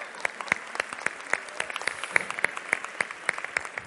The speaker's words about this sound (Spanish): ¿Cómo están? Por favor, párense y un aplauso para esos valientes, ¿no?